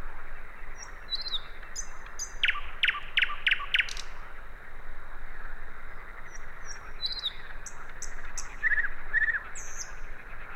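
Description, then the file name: Common nightingale song: high thin whistles, then five loud sharp notes repeated quickly, followed by more soft whistles and a pair of warbled notes. "Luscinia megarhynchos"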